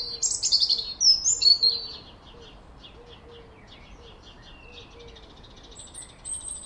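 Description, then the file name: European robin giving a short burst of high, tinkling warbled notes, then faint scattered ticks and a thin high whistle near the end. "Erithacus rubecula"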